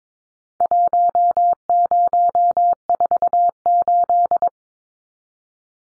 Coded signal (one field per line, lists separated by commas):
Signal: Morse code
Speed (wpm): 22 wpm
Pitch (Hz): 700 Hz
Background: none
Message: 1048